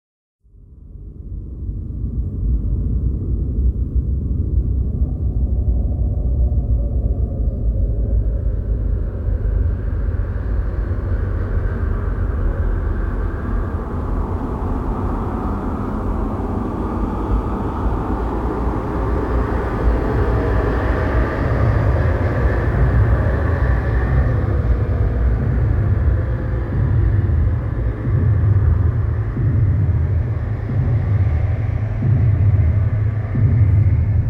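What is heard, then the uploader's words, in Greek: A deep outer-space sound effect: a dense, low rumble fades in over the first two seconds and then holds steady. A brighter, airy layer rises around eight seconds and swells further after twenty, so the drone grows fuller and louder toward the end. Απώτερο διάστημα – Εφέ ήχου. MP3, 44 kHz, 192 kbps.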